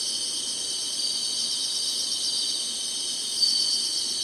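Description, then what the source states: Insect song as an unbroken, thin high-pitched shimmer, with one slight louder accent near the end. Summer.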